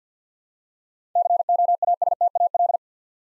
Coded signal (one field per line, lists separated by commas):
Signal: Morse code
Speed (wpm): 53 wpm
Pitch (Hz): 700 Hz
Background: none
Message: COASTAL